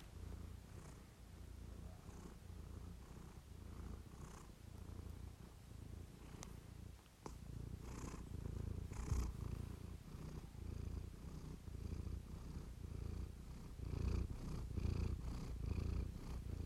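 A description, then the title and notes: A cat purrs steadily, a low rumbling throb that pulses in a regular rhythm of inhaled and exhaled cycles. Around seven seconds there are a couple of sharp clicks, and afterward the purring grows slightly louder and fuller. Doeball the cat hanging out.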